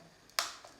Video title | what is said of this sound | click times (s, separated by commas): Hahnel pro Combi TF Remote Control Review | nice little click, because it doesn't go in very well. | 0.4 s